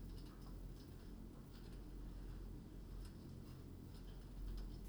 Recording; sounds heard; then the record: poultry house recording; no chicken sound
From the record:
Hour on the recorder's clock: 21